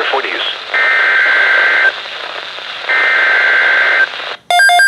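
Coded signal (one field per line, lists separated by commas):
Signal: Emergency Alert System (SAME) tones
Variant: header bursts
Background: speech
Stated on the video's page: Severe Thunderstorm Watch received from three NOAA Weather Radio stations; the receiving weather radio dies mid-recording.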